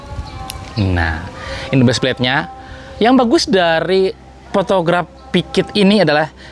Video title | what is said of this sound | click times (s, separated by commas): Jauh dari SEMPURNA, tapi BOLEH JUGA! - Review Photography Kit for vivo X300 Pro | kita taruh di sini terus kita putar sampai bunyi klik. | 0.5 s